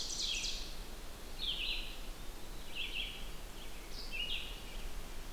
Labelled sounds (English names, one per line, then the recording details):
Red-eyed Vireo song
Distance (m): 60 m
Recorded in boreal forest in Alberta, Canada, on 16 June 2016 at 08:45
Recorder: SongMeter 3, array SBT-3-32
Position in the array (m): 49 m, 10 m